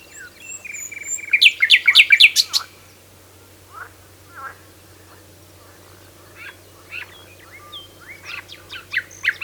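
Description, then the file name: Common nightingale singing a loud, rapid, chattering phrase, then quieter scattered notes over a steady low hum. "Luscinia megarhynchos"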